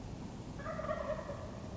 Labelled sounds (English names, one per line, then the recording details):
Wild Turkey
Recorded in Sonoma County, California